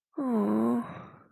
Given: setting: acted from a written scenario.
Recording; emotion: vocal sound without words; disappointment